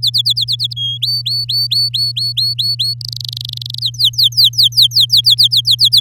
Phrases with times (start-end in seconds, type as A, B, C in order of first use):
0.02-0.73 A, 0.76-0.98 B, 1.02-2.94 C, 3.01-3.79 D, 3.81-6.00 E